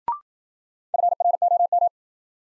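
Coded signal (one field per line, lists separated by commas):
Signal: Morse code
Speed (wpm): 53 wpm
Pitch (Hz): 700 Hz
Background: none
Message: FROM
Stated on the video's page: Morse new-word head-copy drill at 55 wpm, built on sentences from the top 100 words; each word is sent, spoken, then sent again.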